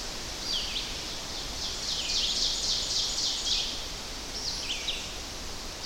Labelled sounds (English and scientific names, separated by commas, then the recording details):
Ovenbird (Seiurus aurocapilla) song
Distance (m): 60 m
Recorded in boreal forest in Alberta, Canada, on 10 June 2016 at 07:00
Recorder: SongMeter 3, array SBT-3-39
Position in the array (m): 197 m, 89 m
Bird 17